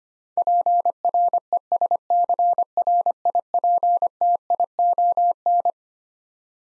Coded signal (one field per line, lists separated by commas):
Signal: Morse code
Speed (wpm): 25 wpm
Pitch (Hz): 700 Hz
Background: none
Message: PRESCRIPTION